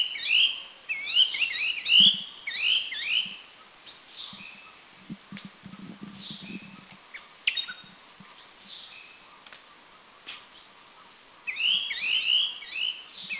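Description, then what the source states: Striated Bulbul chattering in short runs of bubbly, rising and falling notes, quieter notes in between, then a fresh lively burst near the end. Doi Lang, northern Thailand.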